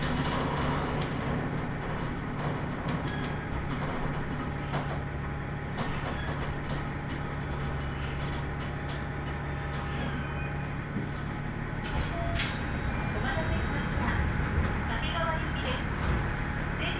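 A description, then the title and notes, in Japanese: A Tenryu Hamanako Railway train rumbles steadily along, with a constant low drone, a faint whine, and scattered clicks and sharp squeaks. 天竜浜名湖鉄道 都田→天竜二俣。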